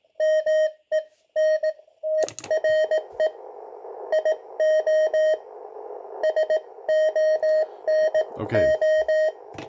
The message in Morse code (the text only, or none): MENTRE IO SONO